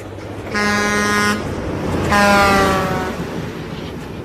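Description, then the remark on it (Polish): A freight train coming from the right sounds two long, loud horn blasts at a level crossing without barriers, the second slightly falling in pitch, over a steady low rumble with no talking. “Pociąg towarowy z prawej. Przejazd bez szlabanów, stawiam dychę, że zdążymy.”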